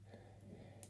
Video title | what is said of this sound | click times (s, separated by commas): Hachette - Battleship Bismarck - Issue 15 - The final Breakwater supports and the 4th hull section | and it'll just it should just like click into place and you can see that | 0.8 s